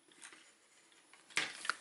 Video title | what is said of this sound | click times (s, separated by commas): Transformers Review: X-Transbots MX-II Andras and Rimfire. P4L Reviews | And just make sure it it clicks back here to make sure it's fully extended. | 1.4 s, 1.7 s